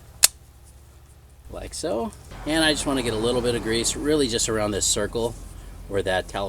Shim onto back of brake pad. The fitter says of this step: line it up it's got these little holes in the back where it'll just snap in place like